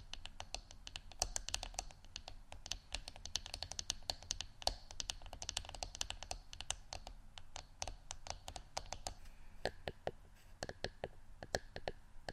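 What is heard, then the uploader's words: Rapid, irregular fingertip tapping, crisp and clicky like keyboard typing, continues densely throughout with brief lulls, over a low steady hum. ASMR Tapping Only For Relaxation（No Talking）.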